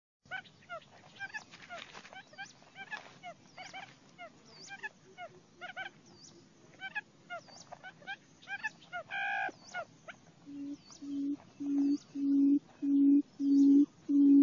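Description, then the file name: Quail giving deep, even hoots that start about ten seconds in and swell louder, after a stretch of varied chirping and hooked whistles from other birds. "นกคุ่ม"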